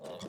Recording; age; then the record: pig call; piglet (1 to 25 days)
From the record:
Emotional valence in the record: negative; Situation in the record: short isolation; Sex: male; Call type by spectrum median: low-frequency call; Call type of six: mixed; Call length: 0.29 s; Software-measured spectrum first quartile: 435 Hz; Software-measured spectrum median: 758 Hz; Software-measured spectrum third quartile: 2842 Hz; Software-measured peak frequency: 525 Hz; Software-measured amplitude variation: 98 dB a second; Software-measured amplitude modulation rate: 15.6 a second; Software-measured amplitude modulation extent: 6.2 dB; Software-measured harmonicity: 1.7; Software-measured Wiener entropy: -2.71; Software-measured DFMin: 811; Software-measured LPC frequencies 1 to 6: 557, 2126, 3433, 4395, 5694, 6878 Hz